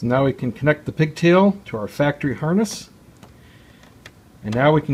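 Someone talks, then during a quiet pause a faint tick comes at about 3.2 s and a sharp click at 4.1 s as an LED headlight bulb's wiring pigtail is plugged into the factory headlight harness connector, a plastic plug, on an FJR1300 motorcycle. The click marks the connector seating, and the talking resumes right after.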